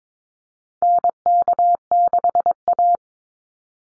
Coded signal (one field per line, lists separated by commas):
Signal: Morse code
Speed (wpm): 22 wpm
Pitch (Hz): 700 Hz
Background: none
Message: NK6A